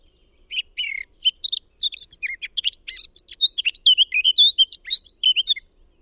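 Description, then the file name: Eurasian blackcap singing a fast, varied warble of chirps, whistles and twittering notes, continuous for about five seconds, clean background. "Sylvia atricapilla"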